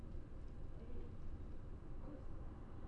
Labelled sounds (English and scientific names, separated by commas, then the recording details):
none
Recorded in Germany
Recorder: ecoPi